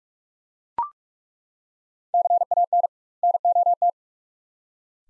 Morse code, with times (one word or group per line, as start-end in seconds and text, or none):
2.1-2.9 CAN
3.2-3.9 NOT